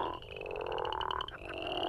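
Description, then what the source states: Northern crawfish frog giving a rough, nasal snore made of quick rattling pulses, sustained with a brief break near the end. Male advertisement call, a deep, loud, resonant nasal snore.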